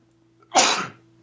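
A single sneeze from an adult man: a sudden, loud, hissing burst lasting about half a second, rising sharply and then fading. It is an ordinary one-off sneeze, made close into a microphone over a faint steady electrical hum.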